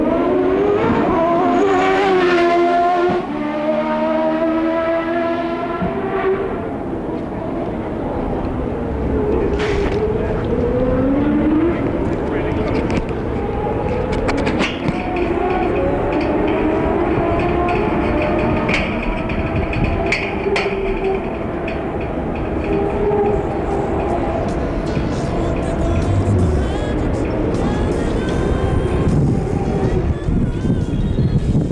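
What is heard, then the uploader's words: IndyCar race cars roar past the trackside on the Detroit street circuit, their engines whining and sweeping up and down in pitch as they pass. The din is loud and constant, with overlapping cars, a sharp clatter around ten and fifteen seconds, and crowd voices underneath. The Sounds of CART IndyCar at Detroit, 1990. Trackside sounds of the CART IndyCar Series as it raced around downtown Detroit on the former Formula 1 circuit. There’s also the distinct grunt and wail from the 3.4-liter single-turbo Buicks in action around the tight 2.5-mile street layout.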